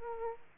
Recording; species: mosquito wingbeat signal from an infrared sensor; Aedes aegypti